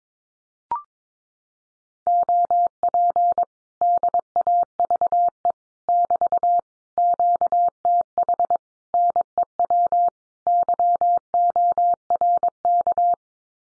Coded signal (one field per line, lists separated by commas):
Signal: Morse code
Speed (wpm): 22 wpm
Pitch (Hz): 700 Hz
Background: none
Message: OP DAVE <BT> QTH NEW YORK